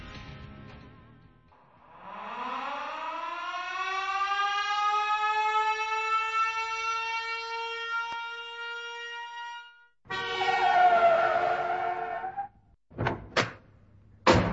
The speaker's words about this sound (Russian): А вот и скорая.